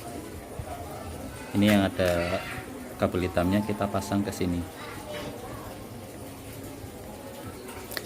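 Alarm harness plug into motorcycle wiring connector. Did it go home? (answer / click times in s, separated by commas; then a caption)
yes / 8.0 s. Someone talks while the black-wire plug of a plug-and-play anti-theft alarm harness is pushed into its mating connector on the wiring loom of a Honda Revo motorcycle. The connector is stiff on first fitting, and after a stretch of low background noise it clicks and locks at 8.0 s, seated tight so it won't come loose.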